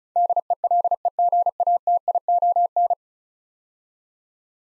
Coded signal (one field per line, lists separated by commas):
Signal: Morse code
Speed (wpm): 36 wpm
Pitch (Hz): 700 Hz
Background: none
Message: DELEGATION